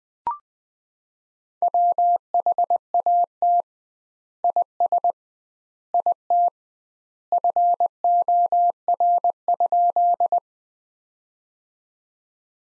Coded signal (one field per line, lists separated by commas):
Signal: Morse code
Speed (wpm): 20 wpm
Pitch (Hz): 700 Hz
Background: none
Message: WHAT IS IT FOR?